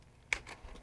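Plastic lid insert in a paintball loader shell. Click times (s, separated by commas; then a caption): 0.3 s. A small tab on an HK Army TFX paintball loader is pushed down and the plastic lid insert is slid out of the loader shell. A sharp plastic click sounds at 0.3 s, followed by softer rattling clicks. The lid insert is released and slides out.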